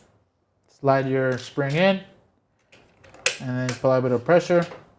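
Someone talks while a new plastic wiper blade, with its spring fitted, is slid by hand toward the wiper holder in a DTG printer's wet-cap/pump station. It is meant to be pushed in rather than screwed, and a few faint handling ticks are heard between the words. The clip ends before the blade goes home, so nothing has seated or clicked yet.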